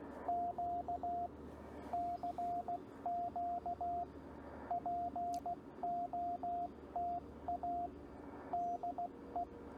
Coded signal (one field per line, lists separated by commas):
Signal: Morse code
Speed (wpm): 16 wpm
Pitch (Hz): 690 Hz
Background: radio noise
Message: Q CQ POTA DE